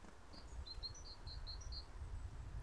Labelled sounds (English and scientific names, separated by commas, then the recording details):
Great Tit (Parus major)
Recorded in Germany
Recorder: ecoPi